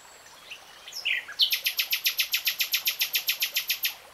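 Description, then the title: Nightingale singing a loud, rapid string of many identical sharp notes, evenly spaced, after a few short introductory chirps. Singing; 3-hour real-time recording. "[Tiếng chim hót] 3 Hours REALTIME Nightingale Singing"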